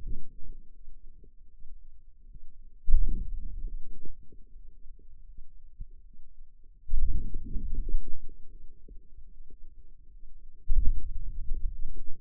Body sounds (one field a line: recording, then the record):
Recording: forearm muscle sounds (acoustic myography)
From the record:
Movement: hand opening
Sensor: system 2, bracelet of six BSWA MPA416 microphones around the upper forearm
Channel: 5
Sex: female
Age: 23 years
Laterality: right